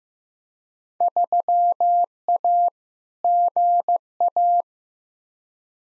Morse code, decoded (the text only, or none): 3A GA